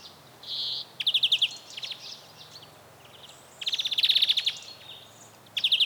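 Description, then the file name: European greenfinch giving fast pulsed trills with a short buzzy note, in several bursts. "Chloris chloris"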